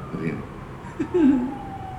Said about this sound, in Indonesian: Ini yang lewat nih pasti Bang Akmal. Maaf. Suara kayak gini. Biasa beliau ini bawa ambulan jenazah.